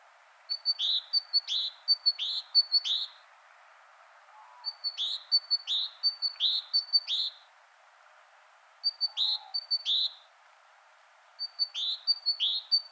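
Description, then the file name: Great tit calls in bursts of two to four sharp chirping notes with a high thin tone, each burst separated by short pauses; faint background hiss. "Parus major"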